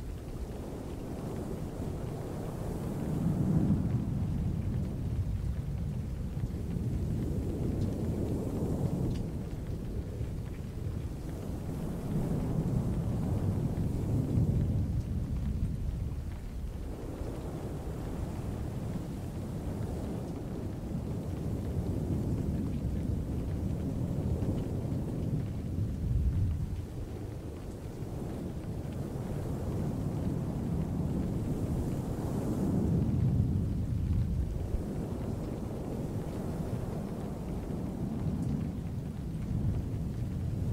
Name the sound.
stormy ocean night - soft towel sounds & rain